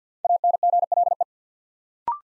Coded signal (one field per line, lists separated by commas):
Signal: Morse code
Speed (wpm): 50 wpm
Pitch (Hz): 700 Hz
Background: none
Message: ANGLE